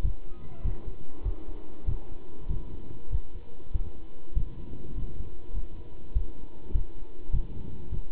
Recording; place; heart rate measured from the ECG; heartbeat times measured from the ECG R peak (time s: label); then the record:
heart sounds by stethoscope; between the tricuspid and mitral areas; 99 bpm
0.03 s: heartbeat
0.64 s: heartbeat
1.24 s: heartbeat
1.87 s: heartbeat
2.49 s: heartbeat
3.11 s: heartbeat
3.74 s: heartbeat
4.35 s: heartbeat
4.96 s: heartbeat
5.54 s: heartbeat
6.15 s: heartbeat
6.74 s: heartbeat
7.33 s: heartbeat
7.91 s: heartbeat
From the record:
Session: pedaling a stationary bicycle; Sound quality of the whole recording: good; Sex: male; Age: 27 years